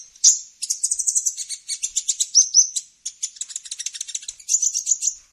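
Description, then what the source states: Brown-throated sunbird song: a rapid, high-pitched twittering of sharp chips and short buzzy trills running almost without pause, with no other sounds. Indonesian local name kolibri kelapa; described as gacor, singing actively.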